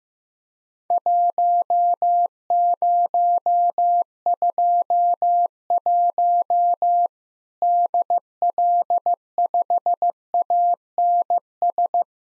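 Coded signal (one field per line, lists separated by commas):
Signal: Morse code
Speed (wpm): 15 wpm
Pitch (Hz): 700 Hz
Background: none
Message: 1021 DL5ANS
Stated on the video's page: Worked All Europe DX contest QTC exchange copying drill at 15wpm, sent in Morse, spoken, then sent again.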